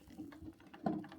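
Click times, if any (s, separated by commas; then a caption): none. The end of an extra-battery cable connector is handled and pushed toward the port on an EcoFlow portable power station. Low handling rumble and a few short knocks are heard, with the strongest knock near 0.9 s. The connector has not yet seated or clicked.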